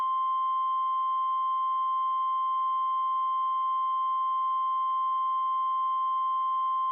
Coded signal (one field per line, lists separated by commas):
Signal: Emergency Alert System (SAME) tones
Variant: 1050 Hz attention tone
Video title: EAS Scenario- Supervillain Catastrophe: Part 2! Ice Cold Crisis